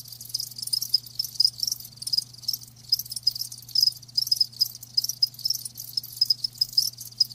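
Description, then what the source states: Crickets chirping loudly in quick high pulses grouped into bursts, a faint low hum present throughout. Live crickets chirping, presented as a lulling sound to help fall asleep and stay asleep.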